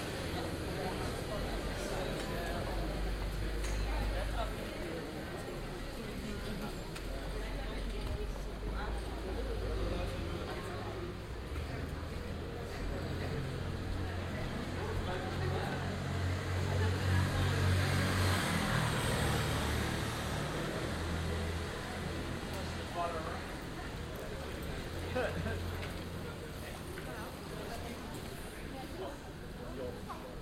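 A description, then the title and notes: A busy canal-side street junction where people talk nearby over a steady low hum of passing vehicles, with traffic swelling briefly around the middle. A short recording on the junction Prinsengracht - Spiegelgracht, Amsterdam.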